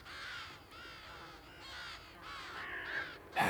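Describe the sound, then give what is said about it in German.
Harsh, raspy crow caws overlap in a continuous noisy chorus as the birds attack and peck, rising to a louder burst at the end, with no talking. “Und die Vögel hacken, das ist scheußlich.”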